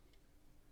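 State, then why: Not seated. The plastic top half of a 2019–2023 Mazda 3 key fob case is lined up by its two tabs over the bottom half of the fob body, ready to be pressed on. Quiet handling noise is heard, with a brief faint tick at 0.7 s. Nothing has snapped or seated yet.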